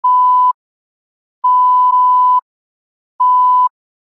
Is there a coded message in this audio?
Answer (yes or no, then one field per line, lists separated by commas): no